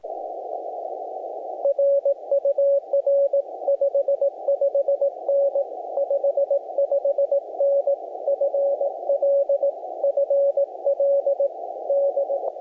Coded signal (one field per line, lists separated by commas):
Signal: Morse code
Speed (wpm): 20 wpm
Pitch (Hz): 560 Hz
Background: radio noise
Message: RUR 55N 55N FL FL D